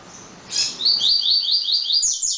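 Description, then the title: Double-collared seedeater song: a short series of rapid, buzzy high notes repeated in quick succession. "Canto Coleiro"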